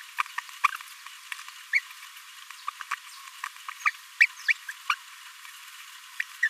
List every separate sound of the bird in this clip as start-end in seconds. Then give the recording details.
0.38-0.39, 1.73-1.79, 2.68-2.69, 2.91-2.94, 4.20-4.26, 4.48-4.53, 4.68-4.71, 4.89-4.95, 6.20-6.21, 6.42-6.48. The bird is a male. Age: 26 days. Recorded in a nest box in Venezuela. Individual 17B42A3